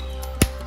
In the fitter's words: Okay, let's put the tail on the dinosaur. Clicks right in.